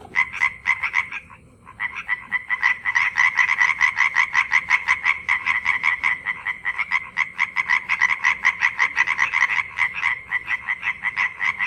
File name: Hyla arborea